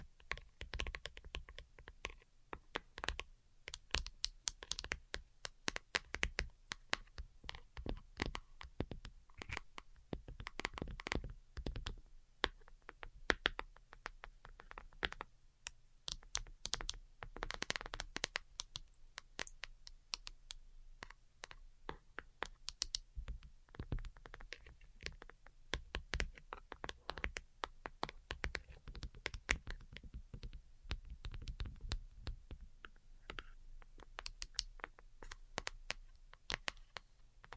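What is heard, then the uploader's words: Delicate tapping runs for the whole clip as dense, irregular clicks, sounding much like fingers on a keyboard. The taps come in quick bursts with brief gaps, sharp and crisp, with a few louder clusters around the middle. A faint low hum sits underneath throughout. ASMR DELICATE Tapping for Sleep (No Talking).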